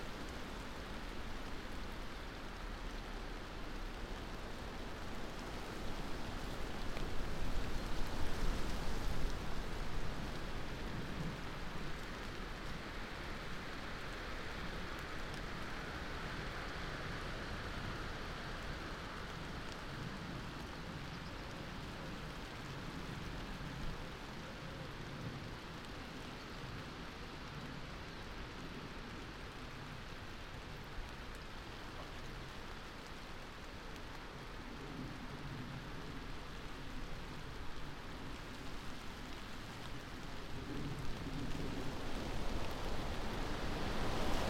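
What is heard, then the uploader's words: Rain-speckled Northumbrian air in a wide open landscape: a steady, dense hiss of fine rain pattering over a low, rumbling wind. A stronger gust swells around eight to ten seconds, then the sound settles, rising gently again near the end. A wide open landscape, resting, between gusts of rain-speckled Northumbrian air. Trees that transcribe the invisibly moving air into varying blends of white noise. This is another section from the mics we left out and alone for 14 hours last summer in the hills above Wooler in Northumberland.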